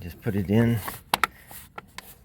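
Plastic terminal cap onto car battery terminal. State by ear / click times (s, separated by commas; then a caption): seated / 1.1 s, 1.2 s. A plastic terminal cover cap is pressed down onto the battery post of a 2015–2022 Chevy Colorado or GMC Canyon car battery while someone talks. Two sharp snaps sound at 1.1 s and 1.2 s, followed by two fainter ticks, and the cap is seated on the terminal.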